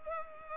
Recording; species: mosquito wingbeat signal from an infrared sensor; Culex pipiens